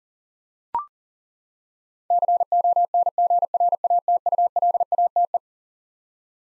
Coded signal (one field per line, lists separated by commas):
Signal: Morse code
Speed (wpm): 40 wpm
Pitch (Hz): 700 Hz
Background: none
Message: CONGRATULATE